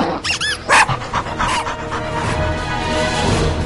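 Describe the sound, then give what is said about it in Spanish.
A small dog lets out a few sharp, high-pitched yips in quick succession, then breaks into steady, rapid panting that carries on to the end. No one speaks. “Los perros enanos me ponen frenética.”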